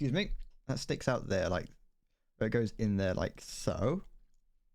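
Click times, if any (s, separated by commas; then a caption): none. A plastic part from a Gundam Aerial HG model robot kit is handled and lined up with its socket while someone talks. Nothing has seated or clicked yet; the clip ends just before the part goes home.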